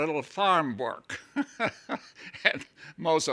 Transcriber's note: he laughs